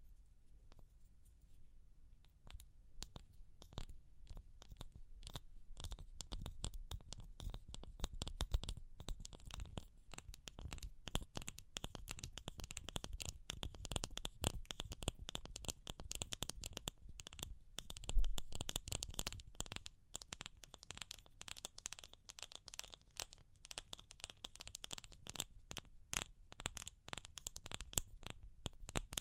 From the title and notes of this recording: ASMR Pure Tapping Fast and Slow (No Talking).